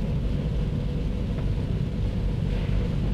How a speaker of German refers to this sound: Er zieht mich nach vorne. Wahrscheinlich in einer Art Schiene. Ja. Ich fühle mich ein wenig unwohl. Irgendwas sprüht mir das Auto ein.